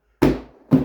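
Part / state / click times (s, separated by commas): plastic trim panel clip into the car body by the headlight / seated / 0.2 s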